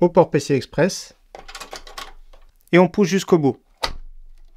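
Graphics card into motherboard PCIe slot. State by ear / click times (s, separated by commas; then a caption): seated / 3.8 s. A graphics card is aligned with and pushed fully into a motherboard PCI Express slot while someone talks. A sharp click at 3.8 s marks the slot's plastic retention latch locking, so the card is seated.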